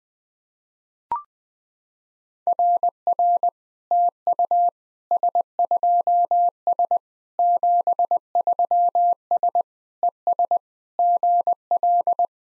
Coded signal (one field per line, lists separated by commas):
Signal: Morse code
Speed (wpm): 21 wpm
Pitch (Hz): 700 Hz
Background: none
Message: RR TU S2S 73S ES GL